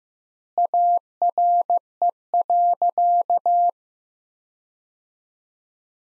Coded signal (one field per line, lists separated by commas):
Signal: Morse code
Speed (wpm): 15 wpm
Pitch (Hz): 700 Hz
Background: none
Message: ARE.